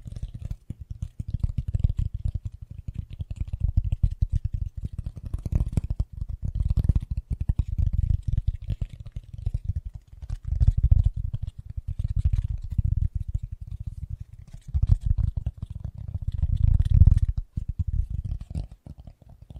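Fast, gentle tapping runs continuously, a dense patter of soft, low, muffled taps with almost no gaps. The rhythm stays quick and fairly even, with slight swells in loudness around the middle and again near seventeen seconds.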